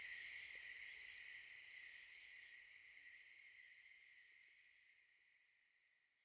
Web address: JERRY APPS WINTER Tom's Jerry Apps Winter backup Audio cicadas